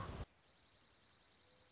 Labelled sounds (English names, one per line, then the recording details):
Dark-eyed Junco
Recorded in Sonoma County, California